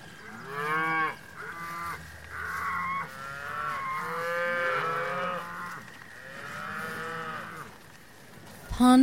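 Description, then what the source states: Cow: cattle lowing in overlapping waves, several moos of varied pitch one after another, a short louder sound at the very end. Cows grazing in pasture.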